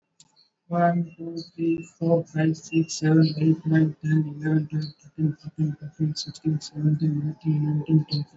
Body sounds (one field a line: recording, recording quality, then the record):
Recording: counting at a normal pace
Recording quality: excellent, no background noise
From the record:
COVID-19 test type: RT-PCR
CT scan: not taken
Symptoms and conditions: cough, cold, fever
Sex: male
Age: 27 years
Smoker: no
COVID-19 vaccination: both doses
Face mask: worn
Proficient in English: yes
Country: India